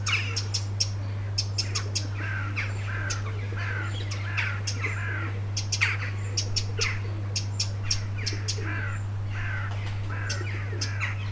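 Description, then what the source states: Wren contact ticks, sharp clicks repeated in loose clusters, interspersed with many short chirping calls and a steady low hum. Loud contact calls; back garden; 25 June 2021, evening, 19:00 UTC.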